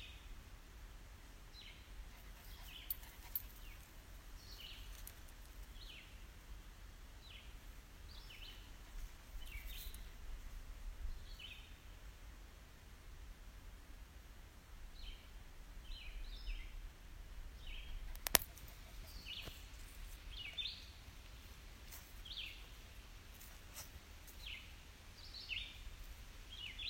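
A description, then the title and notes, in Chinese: Birds call repeatedly in a dune nature reserve, short bright chirps scattered throughout over a steady low rumble, with a sharp click near eighteen seconds. 沙丘自然保护区的鸟叫。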